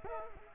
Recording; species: mosquito wingbeat signal from an infrared sensor; Culex quinquefasciatus